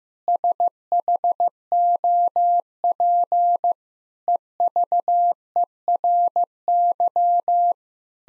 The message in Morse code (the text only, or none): SHOP EVERY